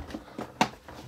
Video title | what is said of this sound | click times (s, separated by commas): How To Play The Game Dizzy Dryer Family Game - Throw Your Clothes In! By Mattel | it's just pops right in there huh yeah | 0.6 s